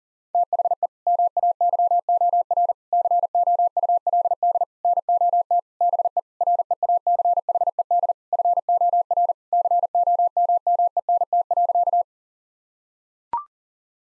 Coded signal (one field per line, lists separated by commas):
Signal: Morse code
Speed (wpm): 40 wpm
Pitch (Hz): 700 Hz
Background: none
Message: THE MAYOR COULD NOT BE REACHED FOR COMMENT.